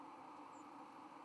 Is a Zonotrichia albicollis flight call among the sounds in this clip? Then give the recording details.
no. Another species' flight call is heard. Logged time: 01:48 on 31 October 2014